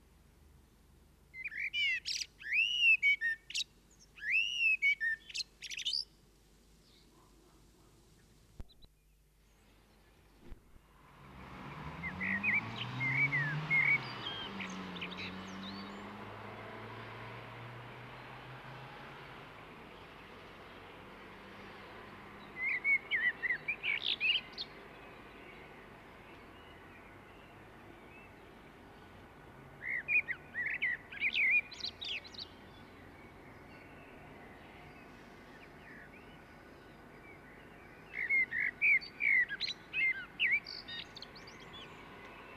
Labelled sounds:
Common Blackbird (Turdus merula) song
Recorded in the wild
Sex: male
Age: adult
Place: Kaiserslautern, Rheinland-Pfalz, DE
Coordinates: 49.4284, 7.7788
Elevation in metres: 279
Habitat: garden
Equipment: Nagra IV, Sennheiser MKH 405, Parabolreflektor
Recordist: Tretzel, Erwin

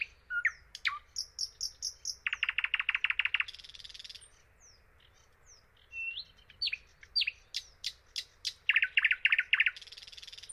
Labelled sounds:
Thrush Nightingale (Luscinia luscinia) song
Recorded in the wild
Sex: male
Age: adult
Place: Dargun, Peenetal, Mecklenburg-Vorpommern, DE
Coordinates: 53.8764, 12.8739
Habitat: wetland
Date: 2010-06-09 22:21
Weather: 15°C, almost no wind
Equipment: Sound Devices 702, Sennheiser MKH 70, Rycote Windschutz
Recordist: Frommolt, Karl-Heinz

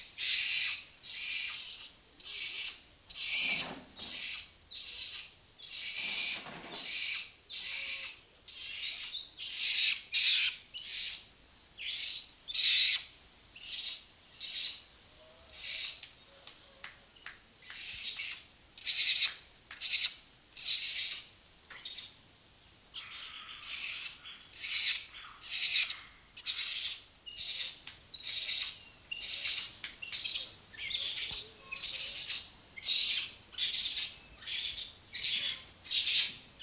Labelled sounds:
Weeper Capuchin (Cebus olivaceus)
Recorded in captivity
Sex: group
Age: adult
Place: Zoo Berlin, Berlin, DE
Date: 2002-07-01 15:35
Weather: bedeckt, Regen, ca. 18°C
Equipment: Nagra SN, Kopie Uher 4000 Report Monitor
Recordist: Tembrock, Günter
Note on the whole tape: Gruppe: Laute, zum Teil agonistisch

